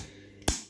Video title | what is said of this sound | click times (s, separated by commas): Deactivated M16-A1 | Don't know if you can hear that. It really locks in. | 0.5 s